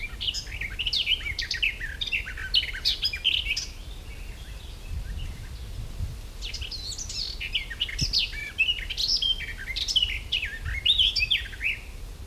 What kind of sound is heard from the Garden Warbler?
song